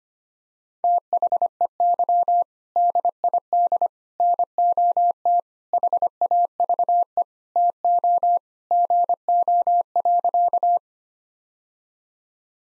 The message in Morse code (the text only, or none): THEY DID NOT HAVE TO GO.